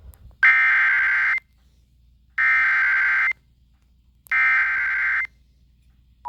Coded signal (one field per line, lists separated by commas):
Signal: Emergency Alert System (SAME) tones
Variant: header bursts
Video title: Eas svr Eas#395